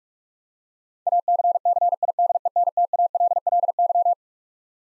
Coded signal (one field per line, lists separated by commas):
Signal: Morse code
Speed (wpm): 41 wpm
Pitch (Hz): 700 Hz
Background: none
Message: ACCIDENTALLY